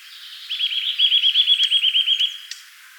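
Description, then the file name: Eurasian nuthatch giving a rapid, even trill of many clear notes, lasting about two seconds. "Sitta europaea"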